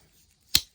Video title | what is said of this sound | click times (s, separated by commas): Examining A Vintage Knife + New Mexico Surprise Package! | Hear that snap? | 0.6 s